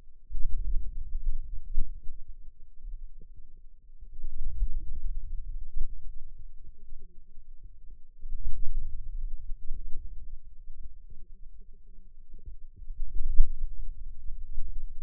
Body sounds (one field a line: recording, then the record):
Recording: forearm muscle sounds (acoustic myography)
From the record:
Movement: wrist extension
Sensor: system 2, bracelet of six BSWA MPA416 microphones around the upper forearm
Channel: 1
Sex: female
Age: 21 years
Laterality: right